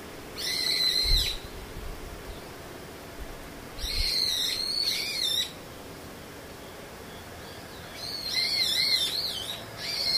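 A bird calls in three long bursts, near the start, around four seconds and around eight to nine seconds, with another beginning at the very end. Each call is a high, wavering, slightly buzzy trill. Between calls there is a steady low hiss and a few dull thumps.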